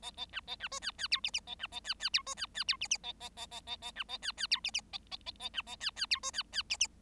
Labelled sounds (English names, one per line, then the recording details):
Bengalese Finch song
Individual Bird7